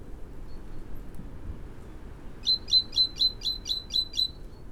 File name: Parus major